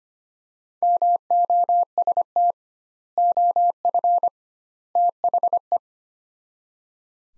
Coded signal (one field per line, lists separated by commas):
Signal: Morse code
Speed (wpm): 25 wpm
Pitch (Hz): 700 Hz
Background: none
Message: MOST OF THE